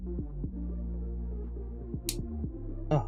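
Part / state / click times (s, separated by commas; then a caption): plastic locking piece on a brick-built model car / seated / 2.1 s. A small plastic locking piece is fitted onto a brick-built Corvette Grand Sport model car. A sharp, bright snap at 2.1 s shows it seating, over a steady low hum with faint rhythmic pulses. A second, duller knock follows near 2.9 s.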